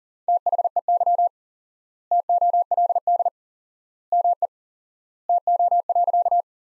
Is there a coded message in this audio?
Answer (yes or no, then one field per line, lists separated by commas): yes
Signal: Morse code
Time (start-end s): 0.3-6.4 s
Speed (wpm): 40 wpm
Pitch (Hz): 700 Hz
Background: none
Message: THEY TOLD ME TO.